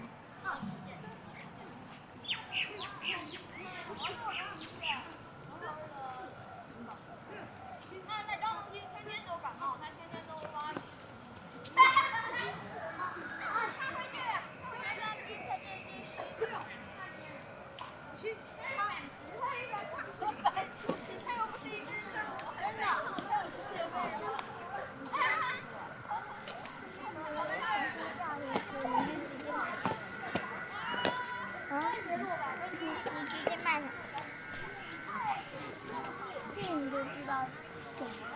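A crowded scene at Beijing's Ditan, with constant overlapping chatter, children's voices, and occasional sharp clatters, including a loud knock near twelve seconds.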